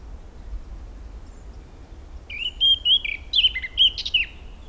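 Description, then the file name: Eurasian blackcap song, a short phrase of pure fluty whistles that rise and fall, starting after two seconds of quiet background noise. "Sylvia atricapilla"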